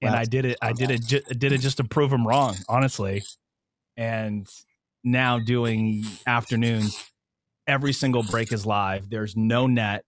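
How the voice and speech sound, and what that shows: Adult male speech with phrase and part-word repetitions and drawn-out sounds before pauses, fitting a mild stutter present since childhood, in a speaker who has had speech therapy.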